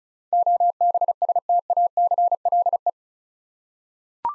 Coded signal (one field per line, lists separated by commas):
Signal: Morse code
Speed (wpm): 36 wpm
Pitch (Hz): 700 Hz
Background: none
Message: OBSTACLE